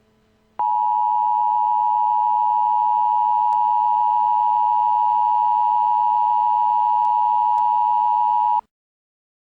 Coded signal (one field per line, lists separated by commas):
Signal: Emergency Alert System (SAME) tones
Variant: 853 and 960 Hz attention tone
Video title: Emergency Alert System: RDD